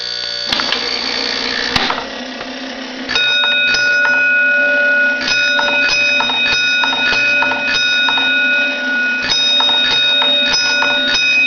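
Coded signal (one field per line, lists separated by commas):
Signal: coded fire alarm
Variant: Gamewell fire alarm box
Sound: mechanical clunking of a lever, then a bell struck repeatedly in uneven groups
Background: small indoor room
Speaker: you know pull the lever down and it would start over again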